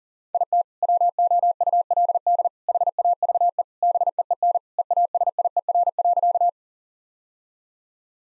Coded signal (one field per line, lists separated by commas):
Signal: Morse code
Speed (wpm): 40 wpm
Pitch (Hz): 700 Hz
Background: none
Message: IT WOULD HAVE BEEN EASIER.